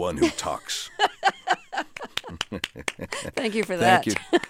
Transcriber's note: laughter